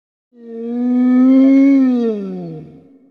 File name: Digiffects Sound Effects Library - Wolf Howling